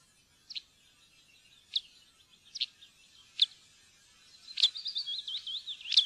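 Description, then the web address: Northern wheatear with sharp clicks about every second, followed by a quick scratchy warble of wavering notes. "fuglelyder steinskvett"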